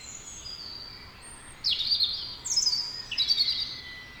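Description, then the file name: European robin: a thin high whistle, then three fast warbling, descending trilled phrases in quick succession. "Erithacus rubecula"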